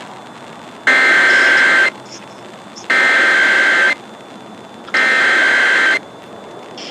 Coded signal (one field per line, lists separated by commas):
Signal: Emergency Alert System (SAME) tones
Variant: header bursts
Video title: Oregon's RMT (EAS #3648-3652)